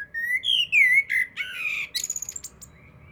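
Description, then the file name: Eurasian blackbird singing fluty warbles, finished by a quick run of thin high notes and a soft trailing whistle. "Turdus merula"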